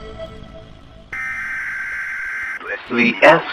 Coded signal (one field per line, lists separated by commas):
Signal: Emergency Alert System (SAME) tones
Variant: header bursts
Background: speech